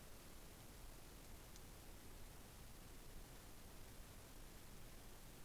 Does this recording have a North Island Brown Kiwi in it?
no